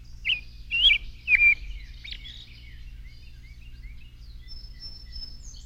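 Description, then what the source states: Baltimore Oriole song: three clear, slurred whistled notes, then a softer note and faint trailing chirps, with a low steady hum underneath. Orange and black bird that builds long bag-like nests hanging 10 feet or more from high branches; many families may share a nest.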